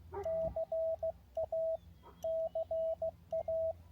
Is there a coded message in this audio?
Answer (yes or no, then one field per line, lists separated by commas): yes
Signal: Morse code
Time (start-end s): 0.3-3.7 s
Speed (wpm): 16 wpm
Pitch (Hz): 650 Hz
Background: radio noise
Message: CA CA